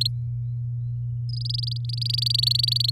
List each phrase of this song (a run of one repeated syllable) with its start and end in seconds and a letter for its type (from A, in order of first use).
0.01-0.07 A, 1.29-2.90 B